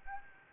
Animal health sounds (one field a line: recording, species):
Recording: mosquito wingbeat signal from an infrared sensor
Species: Anopheles gambiae